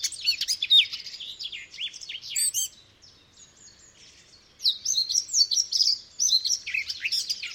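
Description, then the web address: Eurasian blackcap song: a rapid, rich warbling phrase of mixed scratchy and fluty notes, a pause of about two seconds, then another fast, varied warbled phrase. "chant didier collin fauvette a tete noire"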